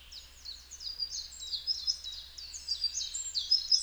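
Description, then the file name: Eurasian wren song, high fast warbling and trilled phrases run together without pause, loud and energetic throughout. "Troglodytes troglodytes"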